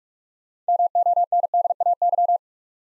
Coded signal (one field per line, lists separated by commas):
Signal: Morse code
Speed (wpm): 41 wpm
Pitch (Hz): 700 Hz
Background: none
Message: MONDAY